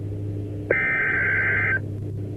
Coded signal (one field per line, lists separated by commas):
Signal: Emergency Alert System (SAME) tones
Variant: header bursts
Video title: 4 Scariest Emergency Alerts & EAS Alarms (Vol. 4)